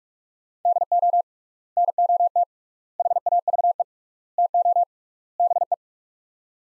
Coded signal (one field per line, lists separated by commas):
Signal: Morse code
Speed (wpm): 42 wpm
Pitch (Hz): 700 Hz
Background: none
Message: DO NOT HAVE TO BE